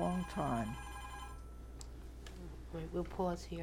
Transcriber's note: telephone rings